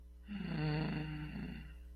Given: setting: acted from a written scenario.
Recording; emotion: vocal sound without words; guilt